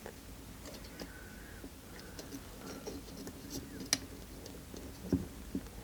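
A plastic part is clipped onto the front of the model engine of a 1961 London Bus Routemaster RM857. Soft, faint ticks and scratches lead up to a sharp click at 3.9 s as the part seats at the front, followed by a few quieter knocks.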